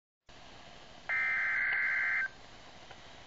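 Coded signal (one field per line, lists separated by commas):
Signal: Emergency Alert System (SAME) tones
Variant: header bursts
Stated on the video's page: Severe thunderstorm warning received from a nearby NOAA Weather Radio station.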